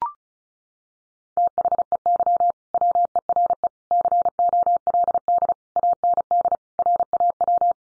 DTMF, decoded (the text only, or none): none